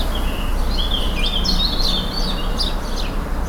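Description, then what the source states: Birds singing, several high chirping and whistled phrases overlapping, with steady low background hum throughout. Several birds singing in a garden.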